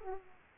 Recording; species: mosquito wingbeat signal from an infrared sensor; Aedes aegypti